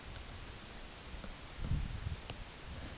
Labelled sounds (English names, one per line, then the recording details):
none
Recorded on Arctic tundra, site UTQI-8, on 10 June 2019
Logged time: 14:00